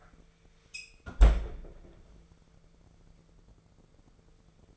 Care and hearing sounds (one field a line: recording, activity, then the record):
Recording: daily activity, microphone in the room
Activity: close fridge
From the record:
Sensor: 5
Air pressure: 1015.0 hPa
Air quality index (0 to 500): 186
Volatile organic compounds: 7 ppm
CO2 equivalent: 2037 ppm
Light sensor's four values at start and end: 71/167/71/77 and 70/161/69/75